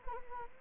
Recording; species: mosquito wingbeat signal from an infrared sensor; Anopheles arabiensis